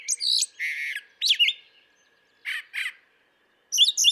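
Brown thrasher song of harsh, raspy and chattering phrases, one short grating note doubled, then a pause before a final burst of sharp chips.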